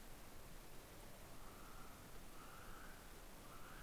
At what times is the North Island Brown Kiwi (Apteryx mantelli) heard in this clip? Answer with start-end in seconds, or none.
1.06-3.82